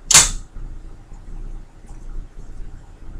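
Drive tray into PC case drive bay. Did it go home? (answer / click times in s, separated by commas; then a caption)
no / none. A drive mounted in its plastic tool-less tray is handled and pushed toward a PC case's drive bay, with a brief bright rustling burst at about 0.2 seconds followed by low, quiet handling noise. Nothing has seated or clicked yet; the clip ends before the tray latches into the bay.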